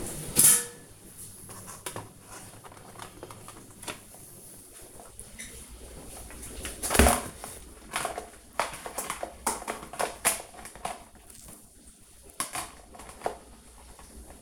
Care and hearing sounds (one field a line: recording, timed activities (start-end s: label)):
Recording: household activities, microphone on the right wrist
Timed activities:
0.00-14.42 s: kitchen